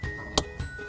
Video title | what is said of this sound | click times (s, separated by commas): 2017 Subaru Crosstrek Wiring Harness Installation | aftermarket plug and just simply put it right in and it snaps right into place just like that | 0.4 s